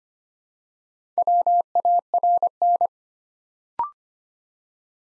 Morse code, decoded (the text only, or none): WARN